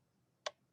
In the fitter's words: click now i know this objective is in place